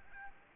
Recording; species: mosquito wingbeat signal from an infrared sensor; Aedes albopictus